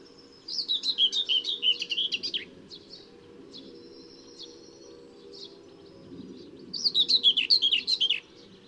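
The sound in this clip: Common whitethroat delivering a hurried, grating warble of about two seconds, a few thin notes after, then the next scratchy phrase roughly four seconds later; low hum underneath.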